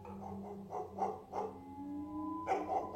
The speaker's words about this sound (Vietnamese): Con chó nhà ông bà ngoại thấy có động liền sủa ra inh ỏi.